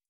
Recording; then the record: hydrophone in a shrimp aquaculture tank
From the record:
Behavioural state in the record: starved